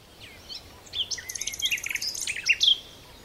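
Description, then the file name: Common nightingale song: a brief, dense jumble of high buzzy and chirping notes with a sharp flourish near the end. "Luscinia megarhynchos"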